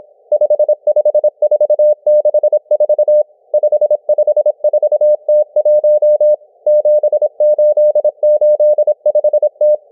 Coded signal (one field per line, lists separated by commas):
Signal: Morse code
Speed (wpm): 26 wpm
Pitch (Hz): 600 Hz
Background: none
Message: 55464 554T1 7885T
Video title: M12 Morse Code Numbers 01/02/2024 1420 UTC 17473kHz